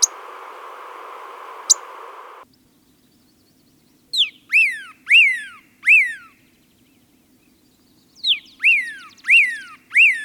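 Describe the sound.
Pyrrhuloxia giving loud, downslurred whistled notes in two bursts of four, after an opening stretch of steady hiss with a couple of sharp clicks.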